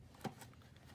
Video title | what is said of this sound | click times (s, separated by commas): 9 shelf white tree #bookcase installation - white tree bookshelf - wooden tree bookcase | and then once it's locked into place next step is to follow screwing these above | 0.2 s